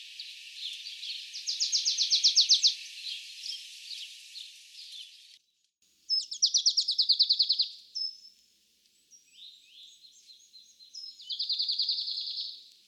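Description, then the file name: Marsh tit with three bursts of quick, buzzy high notes, each run lasting over a second. "Mesange nonnette"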